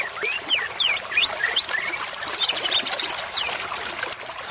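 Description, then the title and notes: White-rumped shama song: varied whistled notes sweeping up and down, quick and irregular, over a steady hiss like running water. Murai batu used as a lure (pikat) call, described as an effective lure with a strong voice. "MB Pikat Jitu.. Suara Mantap. murai batu"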